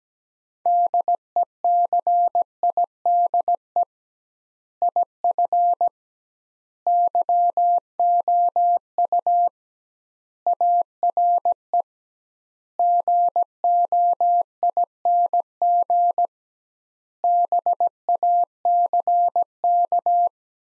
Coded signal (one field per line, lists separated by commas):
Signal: Morse code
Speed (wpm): 17 wpm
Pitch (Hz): 700 Hz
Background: none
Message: DECIDE IF YOU ARE GOING BACK